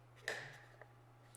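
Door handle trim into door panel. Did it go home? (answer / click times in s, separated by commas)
yes / 0.3 s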